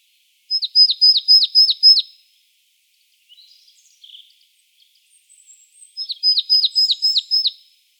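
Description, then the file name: Marsh tit calling in two brisk bursts of clipped, high, falling notes, with faint twittering in the pause between them. "Poecile palustris"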